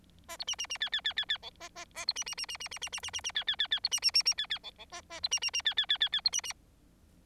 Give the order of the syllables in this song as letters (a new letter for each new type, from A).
A B C C C D D D D D E A A A B C C C C C C C C C C C D D D D B C C C C D D E E A A B C C C D D D D D B C C